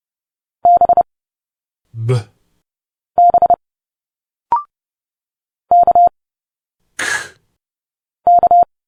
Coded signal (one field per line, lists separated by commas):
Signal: Morse code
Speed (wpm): 30 wpm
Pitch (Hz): 700 Hz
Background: speech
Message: B B K K